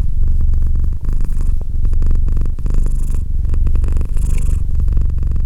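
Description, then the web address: Domestic cat purring, a continuous low rumbling drone pulsing with each breath, brief soft hissy breaths between cycles. "Cat Purr 201308 Cat purr"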